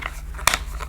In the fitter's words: it clicks there we go so that's the assembly a little bit rigid